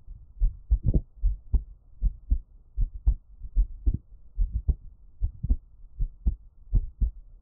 Heartbeat.